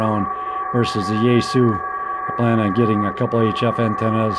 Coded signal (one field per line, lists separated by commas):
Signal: PSK31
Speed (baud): 31.25 baud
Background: speech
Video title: My radio shack